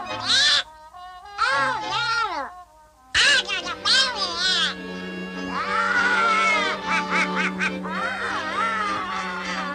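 A duck quacks in a series of loud, nasal, harmonic calls with quick rising and falling pitch, alternating with short gaps and running over a steady tonal background.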